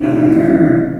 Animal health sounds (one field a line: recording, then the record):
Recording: squeal of a Yucatan mini pig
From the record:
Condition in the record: after surgery on the right vocal fold (resection and tissue-engineered implant)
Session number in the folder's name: 3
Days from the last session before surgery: 21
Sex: female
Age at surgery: 19 weeks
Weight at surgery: 25 kg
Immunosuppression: prednisolone